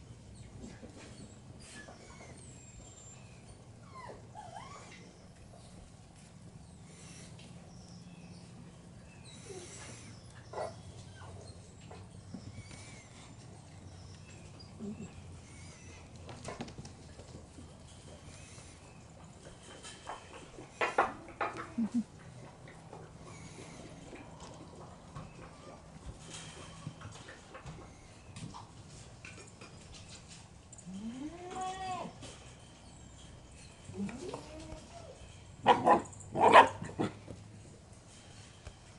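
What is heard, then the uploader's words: Puppies play, letting out short yips, whines and rising squeaks that come in scattered bursts, with the loudest cluster near the end. Beneath them runs a steady low rumble, and faint thumps and scuffles fill the gaps between cries. Puppies Playing.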